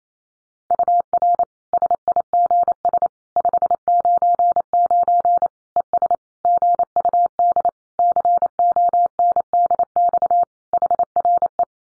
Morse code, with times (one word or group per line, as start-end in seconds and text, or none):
0.7-1.4 UR
1.7-3.1 SIGS
3.4-5.5 599
5.8-6.2 ES
6.5-7.7 GUD
8.0-10.4 CONDX
10.7-11.6 HRE